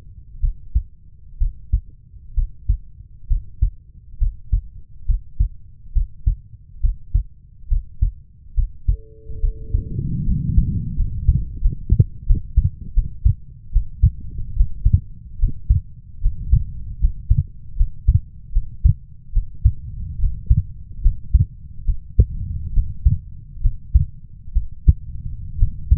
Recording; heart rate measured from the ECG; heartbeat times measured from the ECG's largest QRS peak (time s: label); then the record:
heart sounds by stethoscope; 72 bpm
0.40 s: heartbeat
1.38 s: heartbeat
2.34 s: heartbeat
3.27 s: heartbeat
4.18 s: heartbeat
5.05 s: heartbeat
5.92 s: heartbeat
6.80 s: heartbeat
7.68 s: heartbeat
8.54 s: heartbeat
9.40 s: heartbeat
10.24 s: heartbeat
10.95 s: heartbeat
11.60 s: heartbeat
12.26 s: heartbeat
12.94 s: heartbeat
13.72 s: heartbeat
14.55 s: heartbeat
15.38 s: heartbeat
16.21 s: heartbeat
16.99 s: heartbeat
17.76 s: heartbeat
18.52 s: heartbeat
19.32 s: heartbeat
20.18 s: heartbeat
21.01 s: heartbeat
21.84 s: heartbeat
22.72 s: heartbeat
23.60 s: heartbeat
24.52 s: heartbeat
25.57 s: heartbeat
From the record:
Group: healthy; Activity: rest 0-7 s, Valsalva maneuver 7-26 s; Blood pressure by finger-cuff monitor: 102/62 mmHg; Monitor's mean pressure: 74 mmHg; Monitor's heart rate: 70 bpm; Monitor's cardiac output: 5.4 L/min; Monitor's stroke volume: 79 mL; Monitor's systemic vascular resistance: 960 dyn s/cm5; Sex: female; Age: 23 years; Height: 160 cm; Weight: 50.4 kg